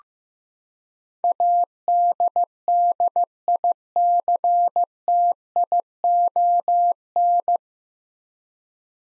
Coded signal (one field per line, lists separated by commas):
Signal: Morse code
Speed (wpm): 15 wpm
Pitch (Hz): 700 Hz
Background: none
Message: ADDICTION